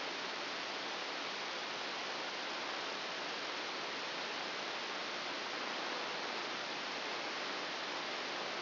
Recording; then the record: brain microelectrode recording played as sound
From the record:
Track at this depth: inside the subthalamic nucleus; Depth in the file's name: 3.502 mm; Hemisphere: left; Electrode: 1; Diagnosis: Parkinson's disease